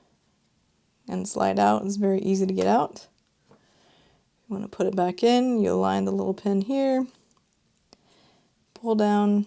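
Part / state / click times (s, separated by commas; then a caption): wristband spring pin into tracker body / not seated / none. Someone talks while lining up the small spring pin of a Lunar White Fitbit Inspire 2 wristband with the tracker body, getting it ready to be pulled down into place. Only faint, brief handling sounds occur between the stretches of talk. The pin is just being positioned, and nothing has snapped or clicked into place yet.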